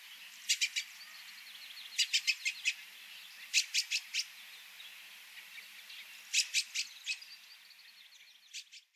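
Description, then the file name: Dusky thrush calls: sharp, high notes in quick bursts of a few, with pauses between bursts, over a quiet background. Recorded 29 March 2020. "tsugumi toyota atsumi"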